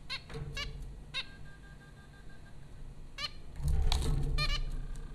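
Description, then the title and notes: Zebra finch calls, short nasal beeps, then a burst of rustling noise with more beeps over it. Recorded by Dan Bodah at Popcorn School, Flatbush, Brooklyn, New York, USA, April 15, 2009. "Dronecast No. 030: The Popcorn Finches Four from Apr 15, 2009. Zebra finches recorded by Dan Bodah at Popcorn School, Flatbush, Brooklyn NY in April 2009"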